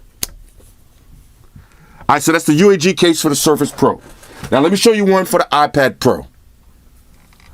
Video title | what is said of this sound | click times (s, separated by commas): My Favorite UAG Cases For Phones And Tablets | I like this pen holder a little bit better because it locks into place. | 0.2 s